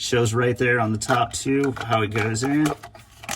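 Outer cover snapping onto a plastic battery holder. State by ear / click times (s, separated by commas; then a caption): not seated / none. Someone talks while handling the outer plastic cover of the six-AA battery holder for a Delta Touch2O touch-sensor kitchen faucet, with a few faint handling taps near the end at about 3.2 and 3.3 seconds. The cover has not popped or clipped into place yet, and nothing has seated.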